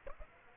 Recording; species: mosquito wingbeat signal from an infrared sensor; Aedes aegypti